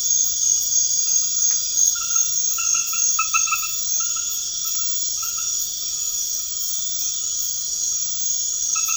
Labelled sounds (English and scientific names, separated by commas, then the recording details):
none
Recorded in pastures near Puerto Asís, Putumayo, Colombia, on 21 March 2025 at 22:00
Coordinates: 0.502, -76.324
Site GP07